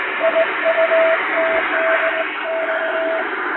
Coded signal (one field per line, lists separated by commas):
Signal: Morse code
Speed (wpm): 20 wpm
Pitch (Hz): 650 Hz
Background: radio noise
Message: IUTDX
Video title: 昭和の懐かしいモールス短波通信！縦振り電鍵で打つモールス電報！気持ち良い音色です。ノイズとフェージングを加えています。アマチュア無線の受信トレーニングにどうぞ morse code practice